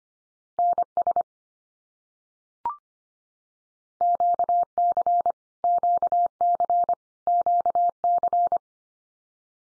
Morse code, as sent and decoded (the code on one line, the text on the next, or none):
-. ... / --.- -.-. / --.- -.-. / --.- -.-.
NS QC QC QC